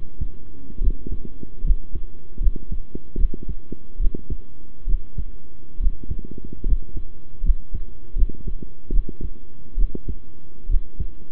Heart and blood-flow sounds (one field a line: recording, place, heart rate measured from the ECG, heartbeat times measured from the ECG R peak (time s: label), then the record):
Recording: heart sounds by stethoscope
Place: between the tricuspid and mitral areas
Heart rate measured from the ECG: 73 bpm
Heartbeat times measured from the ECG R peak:
0.80 s: heartbeat
1.63 s: heartbeat
2.40 s: heartbeat
3.17 s: heartbeat
3.99 s: heartbeat
4.86 s: heartbeat
5.79 s: heartbeat
6.65 s: heartbeat
7.43 s: heartbeat
8.15 s: heartbeat
8.91 s: heartbeat
9.77 s: heartbeat
10.68 s: heartbeat
From the record:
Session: rest, sitting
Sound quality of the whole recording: good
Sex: male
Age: 23 years